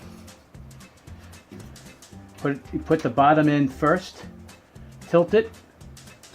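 A metal I/O shield is lined up the right way and its bottom is set into the PC case's rear panel opening before it is tilted and pushed home. Over background music, someone talks while only quiet handling sounds are heard, and nothing has seated or clicked yet.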